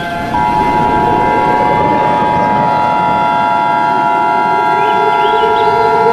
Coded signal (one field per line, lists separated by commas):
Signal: Emergency Alert System (SAME) tones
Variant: 853 and 960 Hz attention tone